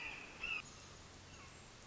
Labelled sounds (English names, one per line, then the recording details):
Red-shouldered Hawk
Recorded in Sonoma County, California